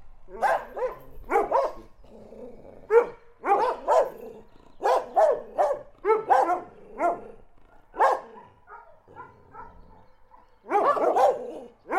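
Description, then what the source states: Dog barking in a long uneven series of sharp barks, a quieter stretch, then a final loud burst. Dog barking in Listvyanka.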